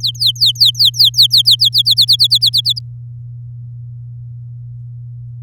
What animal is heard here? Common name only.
Domestic Canary